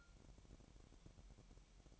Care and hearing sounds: daily activity, microphone in the room; take from stove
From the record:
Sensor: 1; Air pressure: 1012.1 hPa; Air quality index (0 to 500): 228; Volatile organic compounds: 5 ppm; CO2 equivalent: 1819 ppm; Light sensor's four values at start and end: 65/155/66/70 and 65/154/66/70

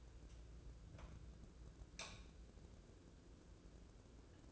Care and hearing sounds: daily activity, microphone in the room; light on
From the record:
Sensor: 2

